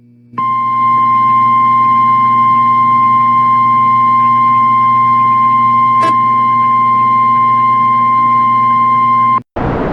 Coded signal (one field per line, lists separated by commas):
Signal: Emergency Alert System (SAME) tones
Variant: 1050 Hz attention tone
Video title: EAS Dust advisory in Senica falls